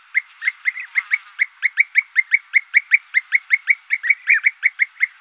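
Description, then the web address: European bee-eater calls: short rolled, burry notes repeated rapidly in an even, steady series throughout. Recorded at a wetland in Sissonne, France. "Sissonne Environnement Audiosflashcodes -Gue epier-d europe"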